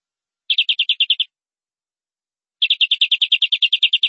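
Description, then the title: Canary song in two phrases: a short run of quick high notes, a pause, then a longer rapid repeated series. "BM Suara Kenari"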